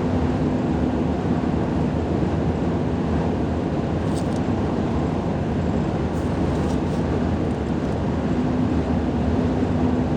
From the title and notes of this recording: Travel with me from Central Phoenix to my office in Chandler, Arizona. It’s mostly highway so great amount of ambient sounds coming from the road in my Ford F-150 pickup truck.